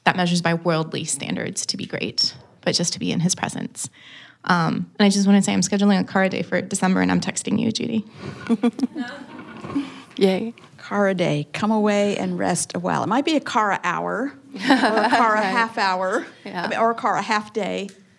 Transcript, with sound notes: that measures by worldly standards to be great, but just to be in His presence. I just wanted to say, I’m scheduling a CARA day for December—and I’m texting you, Judy. (laughter)
CARA day—“come away and rest a while.” It might be a CARA hour or a CARA half-hour or a CARA half-day.